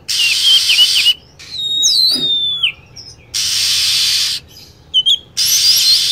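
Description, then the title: Lovebird calls: shrill, descending squeaky chirps alternating with long stretches of harsh, buzzing high chatter. Lure sound used to attract lovebirds. "PIKAT BURUNG LOVEBIRD"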